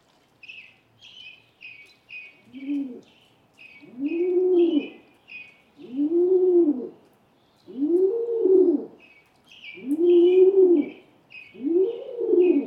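Rock pigeon repeating deep arched coos roughly every two seconds, six in a row, over a constant chatter of high chirping birds.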